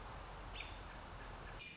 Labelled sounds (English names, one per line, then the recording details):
American Robin
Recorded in Sonoma County, California